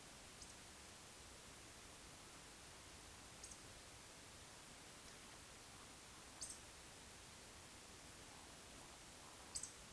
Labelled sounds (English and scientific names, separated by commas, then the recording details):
Eurasian Woodcock (Scolopax rusticola) whistle
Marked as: whistle, whistle, whistle, whistle
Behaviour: display flight
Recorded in Baden-Württemberg, Germany, on 30 June 2020 at 20:01 UTC
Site 49006, 684 m above sea level